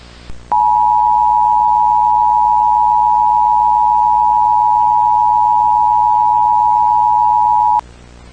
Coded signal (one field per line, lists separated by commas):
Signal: Emergency Alert System (SAME) tones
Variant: 853 and 960 Hz attention tone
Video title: EAS Scenario: The 7 Broken Universes [FULL] [7K SUBS SPECIAL]